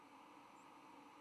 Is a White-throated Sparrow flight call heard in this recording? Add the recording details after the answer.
no. Another species' flight call is heard. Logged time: 05:49 on 10 November 2014